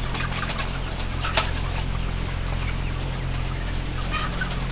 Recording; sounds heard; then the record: poultry house recording; healthy chickens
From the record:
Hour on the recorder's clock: 11